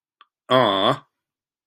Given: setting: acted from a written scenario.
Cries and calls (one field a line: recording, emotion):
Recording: vocal sound without words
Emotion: adoration